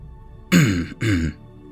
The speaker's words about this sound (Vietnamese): Lão đạo sĩ ở bên cạnh vội vàng ho khan một tiếng mà nói.